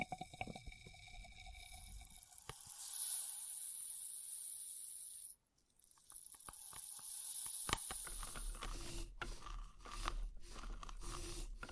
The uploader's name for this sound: Experimental Triggers in Test Tubes